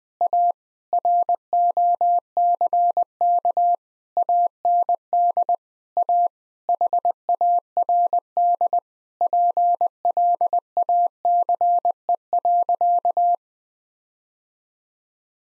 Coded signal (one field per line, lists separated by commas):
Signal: Morse code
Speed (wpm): 20 wpm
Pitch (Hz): 700 Hz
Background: none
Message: A ROCK AND A HARD PLACE.